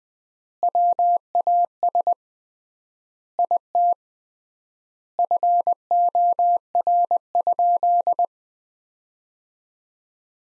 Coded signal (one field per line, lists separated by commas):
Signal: Morse code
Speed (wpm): 20 wpm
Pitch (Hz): 700 Hz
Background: none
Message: WAS IT FOR?